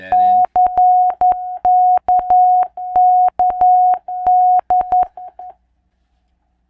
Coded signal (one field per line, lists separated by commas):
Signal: Morse code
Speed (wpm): 11 wpm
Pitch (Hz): 730 Hz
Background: none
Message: CKKD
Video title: IMPROVE ICR WITH RUFZXP / RUFZXP FOR BETTER ICR